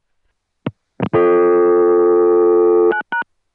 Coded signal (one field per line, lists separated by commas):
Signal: telephone call progress tone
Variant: North America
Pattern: dial tone